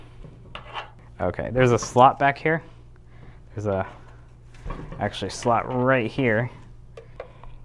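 Someone talks while handling a plastic filament spool holder at a slot in the back of the frame of a SeeMeCNC Eris delta 3D printer, with a few faint taps and handling noises around the speech. The holder has not yet been pushed home, so nothing has seated or clicked yet.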